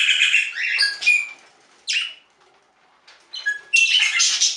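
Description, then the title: Budgerigar chirps: short squeaky bursts and a buzzy descending note separated by silent gaps, ending in a busy warble. "Budgie Sounds"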